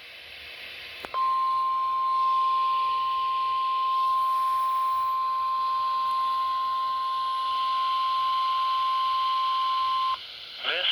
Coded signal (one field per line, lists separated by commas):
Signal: Emergency Alert System (SAME) tones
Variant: 1050 Hz attention tone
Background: speech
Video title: 6-25-2025 Required Weekly Test (EAS #14)